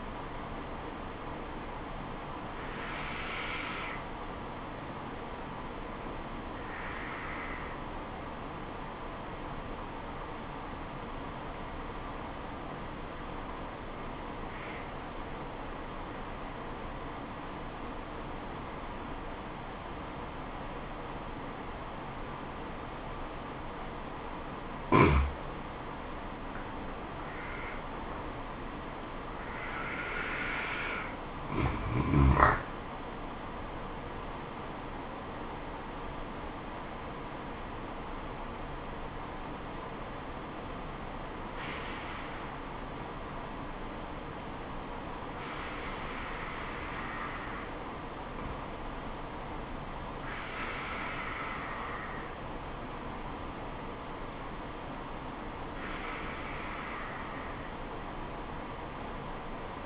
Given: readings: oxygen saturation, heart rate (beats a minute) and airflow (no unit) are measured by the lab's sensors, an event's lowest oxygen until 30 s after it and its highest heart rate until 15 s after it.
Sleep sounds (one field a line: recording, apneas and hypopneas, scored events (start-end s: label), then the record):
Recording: breathing in sleep by a voice recorder at the bedside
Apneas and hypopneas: 1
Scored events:
6.00-26.90 s: obstructive apnea (N2, oxygen 97% highest, then 90% lowest, heart rate 68 at the start, 76 highest)
23.00-59.86 s: new sleep stage, N1 (lightest sleep)
From the record:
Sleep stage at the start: N2 (light sleep)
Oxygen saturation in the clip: 89 to 97%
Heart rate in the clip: 68 to 78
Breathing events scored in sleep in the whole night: 426 in 7.4 hours asleep